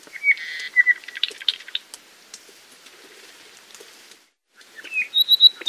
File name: Apapane